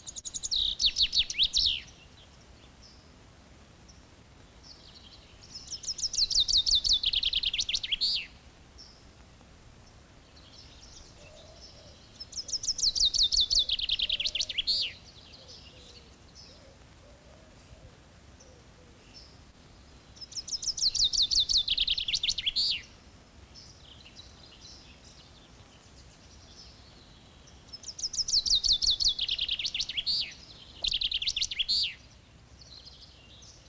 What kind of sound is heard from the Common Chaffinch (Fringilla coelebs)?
song